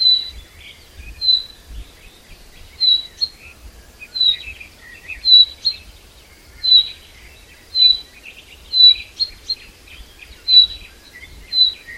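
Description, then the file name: Common chaffinch repeating a high, piercing whistle roughly every second, somewhat unevenly spaced, with other birds chirping softly behind. "Fringilla coelebs"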